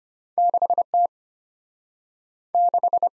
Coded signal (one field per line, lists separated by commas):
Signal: Morse code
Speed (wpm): 34 wpm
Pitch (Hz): 700 Hz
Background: none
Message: 6T 6